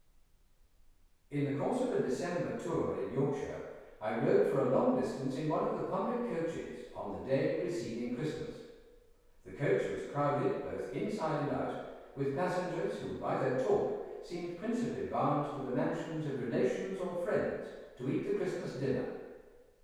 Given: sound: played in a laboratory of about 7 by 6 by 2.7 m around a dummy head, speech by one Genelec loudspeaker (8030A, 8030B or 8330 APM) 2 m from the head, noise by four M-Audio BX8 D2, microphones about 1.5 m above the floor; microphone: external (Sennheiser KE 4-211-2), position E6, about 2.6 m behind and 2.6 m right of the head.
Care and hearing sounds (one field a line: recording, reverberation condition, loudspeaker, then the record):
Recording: male speech in English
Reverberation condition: high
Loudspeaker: 150 degrees to the left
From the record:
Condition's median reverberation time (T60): about 1300 ms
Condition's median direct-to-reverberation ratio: about -4.0 dB